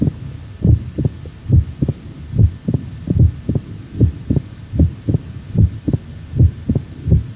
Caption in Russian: Запись, сделанную у больного с митральным стенозом на верхушке сердца наличие усиленного первого тона и тона открытия митрального клапана, что создает характерную картину трехчленного ритма сердца.